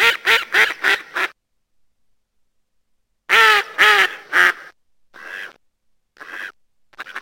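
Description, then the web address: Mallard giving a fast run of five loud, nasal quacks, a pause, three more loud quacks, then several fainter, broken quacks. "krzyzowka"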